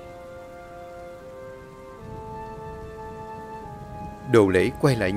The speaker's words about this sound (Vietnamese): Mưa bắt đầu buông xuống nặng hạt. Tiếng mưa rơi xuống mái hiên, nghe cứ ngỡ như tiếng nước mắt của ai đó đang khóc oán than.